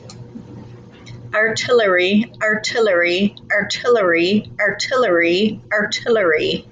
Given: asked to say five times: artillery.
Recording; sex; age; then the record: repeated word; female; 40 to 49 years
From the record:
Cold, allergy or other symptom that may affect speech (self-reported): no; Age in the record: 48 years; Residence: Missouri, United States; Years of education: 12